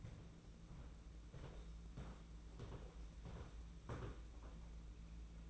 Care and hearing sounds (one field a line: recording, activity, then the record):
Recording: daily activity, microphone in the room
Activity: walk to room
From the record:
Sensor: 1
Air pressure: 992.0 hPa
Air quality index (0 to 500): 215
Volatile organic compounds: 1000 ppm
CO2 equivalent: 8395 ppm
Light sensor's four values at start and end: 22/77/30/30 and 22/74/29/29